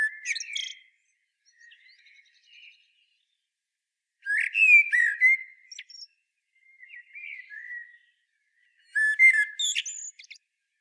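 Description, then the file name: Common blackbird delivering short song phrases separated by pauses: clear fluted notes that slide and end in squeaky, high chattering flourishes. "Turdus merula"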